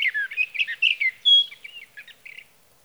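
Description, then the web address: Sage thrasher warbling rapidly, with a clear sustained whistled note midway, then softer chattering notes trailing off. "birdsongforthecurious Sage Thrasher"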